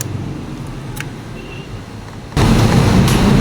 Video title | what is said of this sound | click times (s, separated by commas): Honda click PANO buksan Ang compartment Ng Honda click nang walang susian#click125v3 #hondaclick125 | Yan mga katonigos, nag-click na siya kung narinig niyo yun. | 0.0 s, 1.0 s